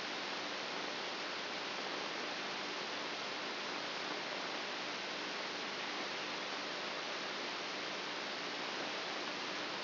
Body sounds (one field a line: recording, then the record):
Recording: brain microelectrode recording played as sound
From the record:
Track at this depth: inside the subthalamic nucleus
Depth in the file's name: 0.84 mm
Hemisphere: right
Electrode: 2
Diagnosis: Parkinson's disease